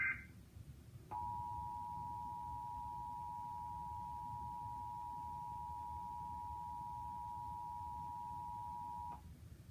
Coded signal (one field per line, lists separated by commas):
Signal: Emergency Alert System (SAME) tones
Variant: 853 and 960 Hz attention tone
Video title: 2021 National EAS Test (8/11/21)